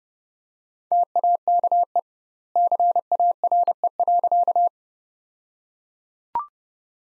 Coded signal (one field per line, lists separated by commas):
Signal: Morse code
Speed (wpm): 30 wpm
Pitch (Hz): 700 Hz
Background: none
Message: TAKE CARE.